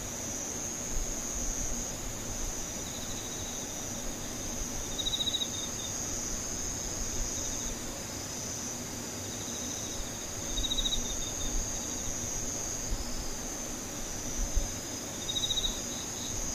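Insects drone steadily in a high, continuous shrill band, with brief brighter chirping bursts near 5, 11 and 15 seconds over a low rumble.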